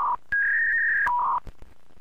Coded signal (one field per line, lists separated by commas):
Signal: fax machine handshake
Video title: Old school dial up internet sound